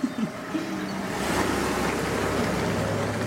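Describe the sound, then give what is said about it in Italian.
A car drives off with a steady, rushing engine rumble and a low droning hum, holding fairly constant in loudness for a few seconds with no voices. “Era salita al volo piantandomi lì.”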